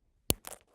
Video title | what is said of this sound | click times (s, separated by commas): DPA Slim Series - Concealer Overview | just click into place | 0.3 s